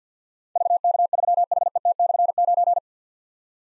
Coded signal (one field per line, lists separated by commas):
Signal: Morse code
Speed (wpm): 52 wpm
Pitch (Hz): 700 Hz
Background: none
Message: VK3HET/9